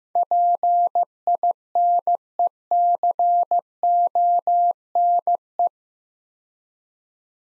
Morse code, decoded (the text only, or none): PINECONE